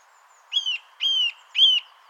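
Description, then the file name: Eurasian nuthatch calls: three ringing whistled notes about half a second apart, each flat then dipping, over a constant background hiss. "Sitta europaea"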